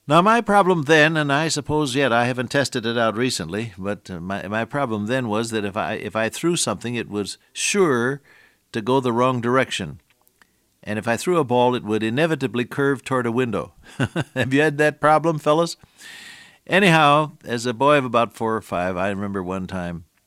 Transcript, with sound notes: Now, my problem then, and I suppose yet, I haven’t tested it out recently, but my problem then was that if I threw something it was sure to go the wrong direction. And if I threw a ball, it would inevitably curve toward a window. [chuckle] Have you had had that problem, fellows? Anyhow, as a boy of about four or five, I remember one time